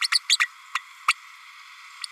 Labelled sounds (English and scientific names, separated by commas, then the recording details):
Green-rumped Parrotlet (Forpus passerinus) babbling
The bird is a female
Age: 32 days
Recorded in a nest box in Venezuela
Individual 17B32A5